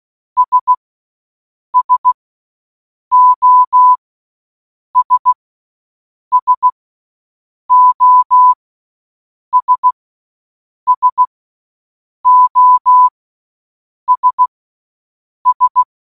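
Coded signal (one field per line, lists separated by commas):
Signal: Morse code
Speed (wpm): 16 wpm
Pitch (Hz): 1000 Hz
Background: none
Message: S SOS SOS SOS S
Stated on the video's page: SOS sent in Morse code for one hour.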